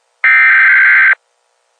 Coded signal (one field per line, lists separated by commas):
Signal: Emergency Alert System (SAME) tones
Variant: header bursts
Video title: EAS YTP do not swim agast the tornado warning